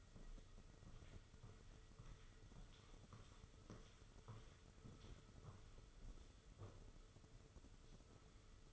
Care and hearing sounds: daily activity, microphone in the room; walk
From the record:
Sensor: 4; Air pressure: 995.2 hPa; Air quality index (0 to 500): 207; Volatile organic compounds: 194 ppm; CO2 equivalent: 4192 ppm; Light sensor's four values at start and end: 13/32/12/14 and 12/31/12/13

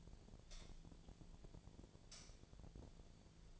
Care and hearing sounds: daily activity, microphone in the room; light on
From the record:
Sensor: 5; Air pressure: 1009.9 hPa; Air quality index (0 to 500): 160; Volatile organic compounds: 4 ppm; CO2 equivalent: 1556 ppm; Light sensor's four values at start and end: 182/461/192/206 and 183/464/193/207

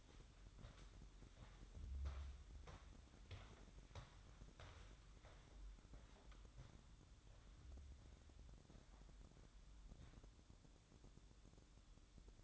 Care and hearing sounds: daily activity, microphone in the room; walk to room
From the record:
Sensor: 3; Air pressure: 1008.1 hPa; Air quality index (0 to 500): 132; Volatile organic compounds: 2 ppm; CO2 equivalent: 1096 ppm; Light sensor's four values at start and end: 10/23/9/9 and 10/23/9/9

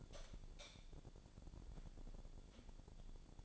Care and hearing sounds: daily activity, microphone in the room; light on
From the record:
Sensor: 5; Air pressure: 1000.1 hPa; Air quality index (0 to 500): 102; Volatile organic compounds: 1 ppm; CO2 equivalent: 828 ppm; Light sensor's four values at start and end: 270/640/276/307 and 272/645/278/309

